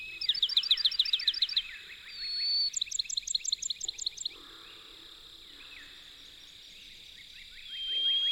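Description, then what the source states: Bachman's sparrow song, two bursts of rapid trilled notes, a thin whistled note before the second, with other birds chirping throughout. Singing exquisitely beautiful songs at dawn in the pine woods; Apalachicola.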